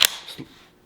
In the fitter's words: clicks into place, those little snaps there, and then this sort of pops back down.